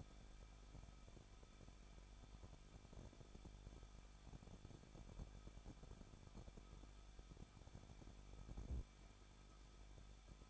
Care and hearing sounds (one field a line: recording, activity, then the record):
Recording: daily activity, microphone in the room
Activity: no activity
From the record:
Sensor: 5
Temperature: 20.9 degrees Celsius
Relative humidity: 38.2%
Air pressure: 1006.4 hPa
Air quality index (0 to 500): 187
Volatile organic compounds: 18 ppm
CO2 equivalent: 2632 ppm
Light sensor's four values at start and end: 2/3/1/1 and 2/3/1/1